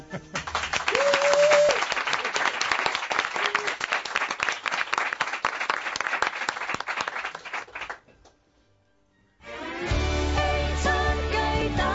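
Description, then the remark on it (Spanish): A studio audience of radio listeners, present during an open-doors day, bursts into loud, dense applause that rolls on steadily for several seconds, with a brief whistle early on, before dropping away into near silence and giving way to music. “Vamos a pedir a los que nos están escuchando a través de los transistores que bajen el volumen porque vais a aplaudir a lo bestia.”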